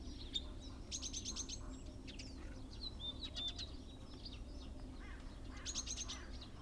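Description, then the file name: Great tit calls, a few buzzy bursts of rapid notes among scattered high chirps, over a steady low rumble. "Parus major"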